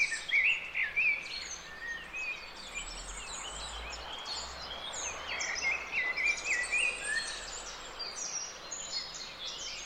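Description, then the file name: Common blackbird giving short warbled whistle phrases near the start and again later, set against a steady chorus of high-pitched bird twitters. "Turdus merula"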